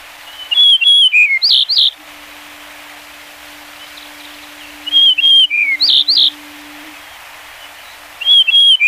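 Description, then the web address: Yellow-breasted bunting repeats its phrase about every four seconds: clear sliding whistles followed by rich slurred notes, over background hiss and a faint low hum. "sikioto. shimaaozi"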